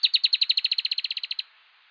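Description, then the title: Dusky-tailed antbird singing a rapid, even run of many bright high notes in under one and a half seconds, then stopping abruptly. "LuckyPassaro Completos2Sama. Dusky-tailed Antbird (Drymophila malura)"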